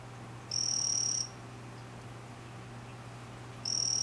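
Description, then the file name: Vanzolini's poison frog calling with a bright, high buzzing call lasting about three-quarters of a second, followed later by the start of another, with a faint constant low hum beneath. "Ranitomeya Vanzolinii calling"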